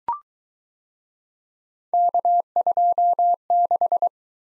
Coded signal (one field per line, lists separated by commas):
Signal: Morse code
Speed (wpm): 22 wpm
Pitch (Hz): 700 Hz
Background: none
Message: K26